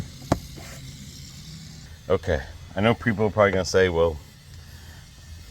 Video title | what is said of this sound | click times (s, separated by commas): Product Review 23 - 26 Honda Pilot - HOUCLEMIC All Weather Floor Mats & Cargo Mat with Backrest Mat! | And it's locked into place. | 0.3 s